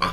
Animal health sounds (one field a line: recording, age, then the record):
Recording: pig call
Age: piglet (1 to 25 days)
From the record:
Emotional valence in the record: positive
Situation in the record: reunion after long isolation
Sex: female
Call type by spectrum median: low-frequency call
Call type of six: low-frequency tonal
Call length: 0.13 s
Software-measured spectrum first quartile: 900 Hz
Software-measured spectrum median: 1310 Hz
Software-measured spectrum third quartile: 2819 Hz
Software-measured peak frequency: 1090 Hz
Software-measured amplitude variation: 76 dB a second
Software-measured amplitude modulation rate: 11.8 a second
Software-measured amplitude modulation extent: 6.4 dB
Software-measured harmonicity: 2.3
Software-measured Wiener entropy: -1.45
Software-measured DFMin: 707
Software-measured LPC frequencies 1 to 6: 1102, 2335, 3293, 4412, 6297, 6827 Hz